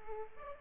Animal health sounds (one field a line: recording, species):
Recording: mosquito wingbeat signal from an infrared sensor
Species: Aedes aegypti